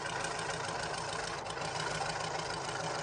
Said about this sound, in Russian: По просеке прямо на нее надвигается трактор, тянущий поваленные деревья.